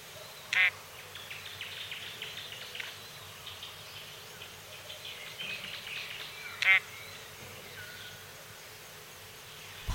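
Crested drongo calls: two short, sharp, metallic notes about six seconds apart, standing out over a steady background of faint high chirps.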